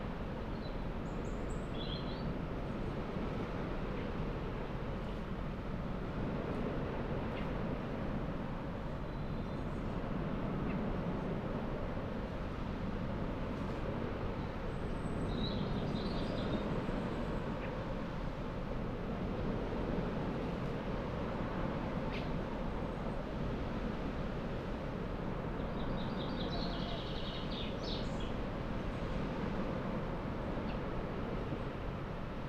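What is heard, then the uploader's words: Woodland by the summer sea: a steady, dense wash of low rushing sound fills the whole clip with little change in level. Brief bird calls break through faintly above it, near the start, around the middle, and again near the end. Where cool woodland meets the summer sea. At the far end of the long sandy beach at Tenby there's an area of cool, shady woodland.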